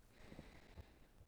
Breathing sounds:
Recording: one breath near a microphone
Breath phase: inhalation

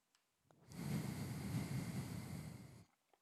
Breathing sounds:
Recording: one breath near a microphone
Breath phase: exhalation

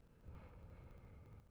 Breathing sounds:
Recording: one breath near a microphone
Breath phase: exhalation

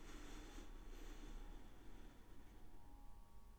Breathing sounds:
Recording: one breath near a microphone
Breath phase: inhalation

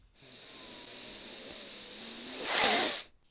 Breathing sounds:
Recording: one breath near a microphone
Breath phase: inhalation

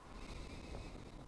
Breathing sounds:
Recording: one breath near a microphone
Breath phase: exhalation

